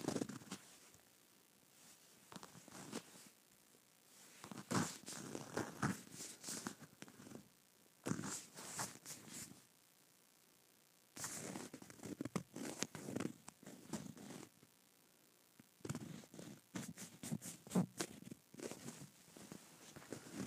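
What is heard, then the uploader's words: Leather being scratched in dry bursts of rough rasping strokes, each lasting a second or two, separated by short quiet pauses. The strokes are bright and gritty with some lower rubbing underneath. ASMR Scratching Leather.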